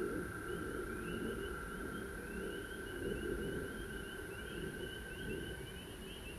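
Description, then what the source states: Frogs in chorus, a sustained trill and rows of quick rising peeps above a low, rough humming sound. Recorded at home in Georgia on March 19, 2020.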